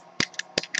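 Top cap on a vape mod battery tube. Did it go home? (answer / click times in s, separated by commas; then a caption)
yes / 0.2 s, 0.6 s. A stainless top cap is turned onto the battery tube of a Seven 22 vape mod by Pioneer4You. Loud, sharp metallic clicks ring out at 0.2 s and 0.6 s, each followed by smaller ticks. The cap clicks into place when it reaches the top.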